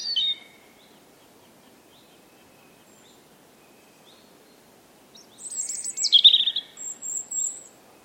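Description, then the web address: European robin song: a brief high note at the start, a long quiet pause, then a tumbling phrase of shrill, rapid notes and thin whistles, with a soft background hiss. "Deverinetal 2025 File origin Bird Only Er Ru"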